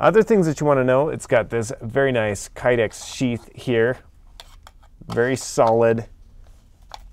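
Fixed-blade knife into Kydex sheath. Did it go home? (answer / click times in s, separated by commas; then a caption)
yes / 6.9 s. Someone talks while a Zero Tolerance 0121 fixed-blade knife is slid into its molded Kydex plastic sheath, with brief sharp ticks around 4.4 s and 4.7 s. A crisp click at 6.9 s marks the retention locking the knife firmly into place in the sheath.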